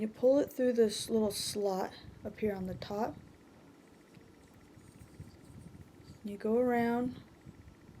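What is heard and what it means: Thread is being handled and pulled through a small slot on top of the bobbin tension guide of a longarm quilting machine, while someone talks over quiet background sound. Nothing has seated or clicked into place yet.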